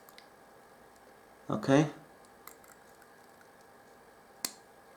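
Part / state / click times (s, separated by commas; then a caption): top fill cap on a vape tank / seated / 4.4 s. The spring-loaded top fill cap of a Landmark sub-ohm vape tank by Kaees is pushed down and turned after filling until it locks closed. A sharp snap at 4.5 seconds marks the cap seating shut. Earlier, someone talks briefly, and a few faint ticks come through quiet background noise.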